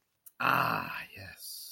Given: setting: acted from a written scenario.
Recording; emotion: vocal sound without words; desire